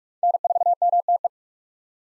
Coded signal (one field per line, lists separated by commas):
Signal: Morse code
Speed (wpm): 42 wpm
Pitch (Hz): 700 Hz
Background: none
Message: N4MTE